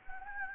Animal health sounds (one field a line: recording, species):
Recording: mosquito wingbeat signal from an infrared sensor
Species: Anopheles gambiae